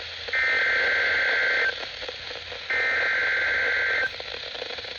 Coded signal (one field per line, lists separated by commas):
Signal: Emergency Alert System (SAME) tones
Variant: header bursts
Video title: EAS Alerts From 5/16-5/17/25: A Compilation (EAS 664-684)